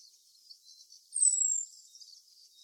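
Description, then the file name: Common blackbird uttering one thin, high-pitched, slightly falling whistled note amid a soft, high chatter. "Turdus merula"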